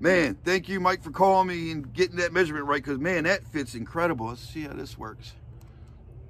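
A man talks while trying on a new MicroDOT motorcycle helmet that fits him, then handles the plastic/metal chin strap buckle toward its receiver. Only faint handling noise follows in the last second, and nothing has seated or clicked yet.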